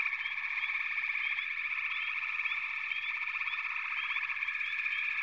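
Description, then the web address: Frog chorus of high steady trilling with short chirping notes scattered across it and a pulsed rattle in the opening second. "Nature Songs Nature Sounds Sounds of Nature Collection 54 Froggies"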